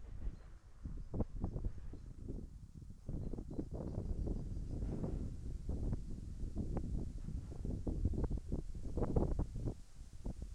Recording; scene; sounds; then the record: everyday scene through a hearing-aid microphone; wind on the microphone; wind, traffic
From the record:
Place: in front of a rural house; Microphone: behind the ear, left, rear